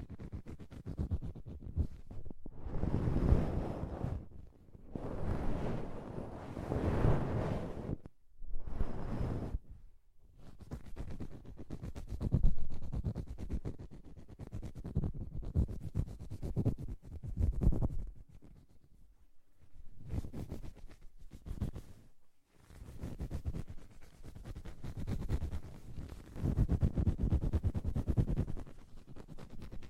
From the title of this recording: Deep Ear Cleaning